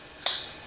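A snap-fit plastic part is plugged onto a 2019 Transformers Cyberverse Megatron figure, a Burger King kids meal toy, giving one sharp click at 0.3 s that rings briefly, then a faint tick near 0.7 s. The part seats in place.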